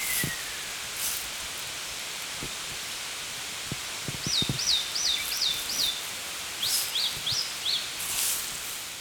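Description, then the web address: Eastern crowned warbler singing a phrase of five high, slurred looping notes in quick succession, followed by a shorter run of a few similar notes, over constant hiss and light rustling. "bird song sendaimusikui"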